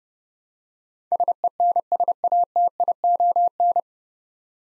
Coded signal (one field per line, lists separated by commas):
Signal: Morse code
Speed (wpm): 30 wpm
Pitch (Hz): 700 Hz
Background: none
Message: SENSATION